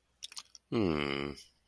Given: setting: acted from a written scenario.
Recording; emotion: vocal sound without words; sympathy